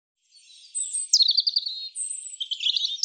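European robin song: thin, high warbled phrases with rapid trills and sliding whistles, two phrases back to back, no other sounds.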